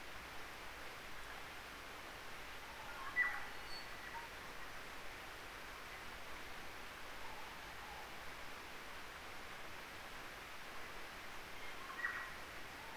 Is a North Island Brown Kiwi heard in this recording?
no